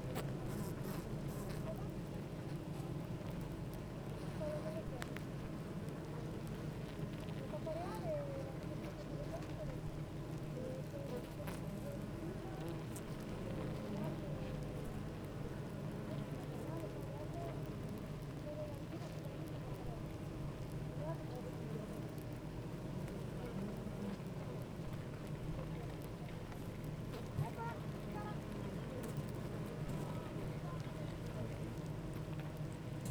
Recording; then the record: honeybee colony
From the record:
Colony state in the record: active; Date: 28 July 2017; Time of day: 9:06